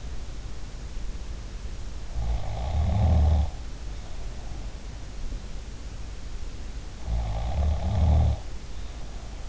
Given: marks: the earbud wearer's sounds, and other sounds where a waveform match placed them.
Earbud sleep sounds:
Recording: sounds in sleep by an in-ear microphone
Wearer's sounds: snoring breath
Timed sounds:
2.12-4.57 s: snoring breath
7.03-9.49 s: snoring breath

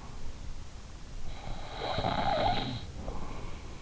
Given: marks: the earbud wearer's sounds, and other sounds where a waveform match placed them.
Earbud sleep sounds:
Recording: sounds in sleep by an in-ear microphone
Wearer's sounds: snoring breath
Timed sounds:
0.85-3.71 s: snoring breath

